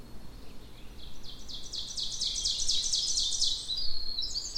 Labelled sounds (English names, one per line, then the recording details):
Ovenbird song
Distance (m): 40 m
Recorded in boreal forest in Alberta, Canada, on 16 June 2016 at 06:39
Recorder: SongMeter 3, array SBT-3-32
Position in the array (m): 152 m, 33 m
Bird 36